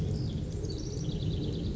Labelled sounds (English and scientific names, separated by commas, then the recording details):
House Wren (Troglodytes aedon)
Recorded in Sonoma County, California